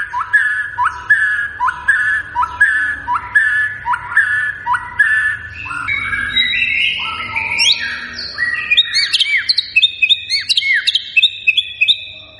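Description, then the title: White-rumped shama song: a run of repeated falling, downslurred whistles roughly every half second, then a rich jumble of varied whistled and chattering phrases climbing higher. Lure recording of a strongly singing (gacor) white-rumped shama, used to make birds respond. "PANCINGAN MURAI BATU GACOR, SEKALI DENGAR LANGSUNG RESPON"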